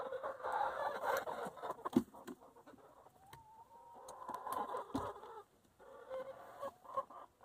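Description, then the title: Chickens clucking in dense overlapping chatter, with a drawn-out rising note midway and sharp thumps. Chickens in their coop. "In the chicken coop - A csirkeólban"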